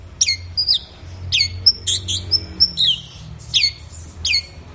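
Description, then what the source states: Orange-headed thrush giving repeated sharp, high downward-sweeping whistled notes mixed with short level whistles, over low hum. Gacor (bird in full song) recording, used for training songbirds; offline collection of thrush sounds.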